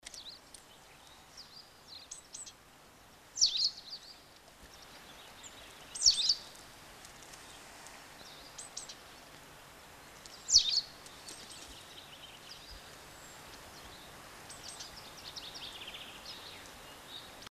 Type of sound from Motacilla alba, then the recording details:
song. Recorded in the wild. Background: Fringilla coelebs. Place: Martigny, Kanton Wallis, CH. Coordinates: 46.1028, 7.07722. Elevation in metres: 472. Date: 1986-03-20. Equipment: Uher 4000 Report, Sennheiser MKH 815 T. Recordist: Tretzel, Erwin. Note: Martigny, Schweiz: Gesang "dschiwid"